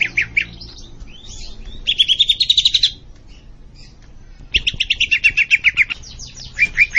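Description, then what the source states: Leafbird song in bursts of quick, bright chirping notes, separated by short quiet gaps. Singing actively (gacor).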